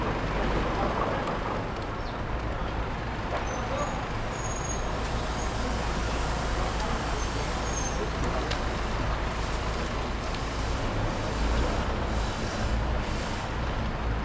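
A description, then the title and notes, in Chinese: Waiting by Peking University's south gate, a steady wash of city traffic fills the whole clip, with a deep low rumble of passing vehicles underneath. The level barely changes, though faint voices and a few brief, thin high chirps surface now and then. 仿佛在北大南门等人｜城市声音。气温在1度左右。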